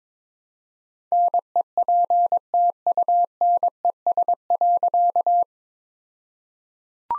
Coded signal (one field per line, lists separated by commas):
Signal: Morse code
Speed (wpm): 22 wpm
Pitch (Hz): 700 Hz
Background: none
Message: NEPTUNES.